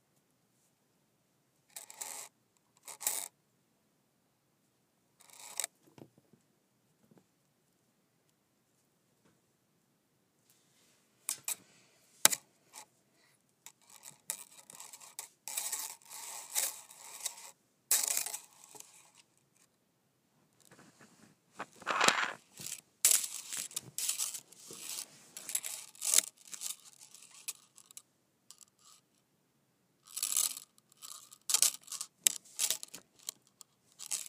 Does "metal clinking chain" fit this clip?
yes